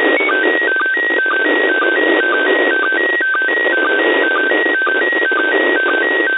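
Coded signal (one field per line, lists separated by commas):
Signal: SSTV (slow-scan television)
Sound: warbling tone hopping between two pitches, with short low blips about twice a second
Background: radio static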